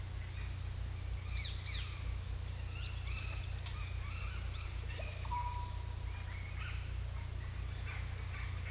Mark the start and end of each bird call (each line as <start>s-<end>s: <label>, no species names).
1.27s-1.93s: bird call
2.89s-4.61s: bird call
5.26s-5.76s: bird call